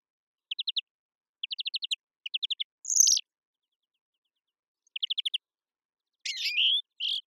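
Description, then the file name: European greenfinch gives short bursts of rapid chirps with pauses between groups, and a few buzzy nasal notes. "Chloris chloris"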